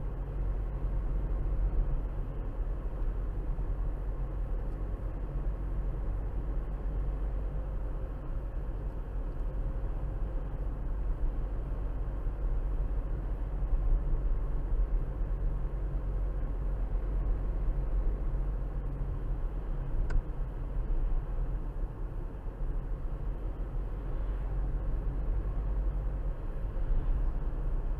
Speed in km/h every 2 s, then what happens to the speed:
56, 56, 56, 58, 58, 58, 58, 56, 56, 55, 55, 55, 55, 58.
0-28 steady at about 56.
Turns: none.